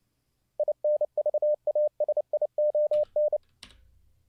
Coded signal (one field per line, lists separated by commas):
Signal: Morse code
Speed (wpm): 29 wpm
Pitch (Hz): 600 Hz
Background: none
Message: INVASION